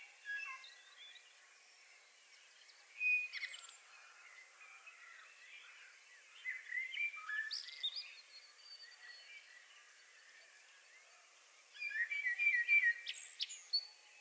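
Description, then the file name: Common blackbird singing softly: brief warbled phrases with thin high twitters, heard three times with gaps between. "Turdus merula"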